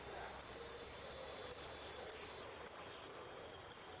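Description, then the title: Saffron finch giving five short, sharp, very high chips at irregular intervals, over a faint steady hiss with thin whistled tones in the background. "Jilguero Argentino"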